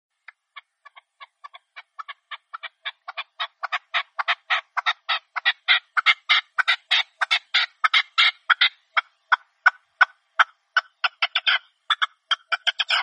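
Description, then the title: Partridge with a long run of raspy chattering notes, building in loudness and pace. Partridge call used as a hunting lure. "Canto de Perdiz"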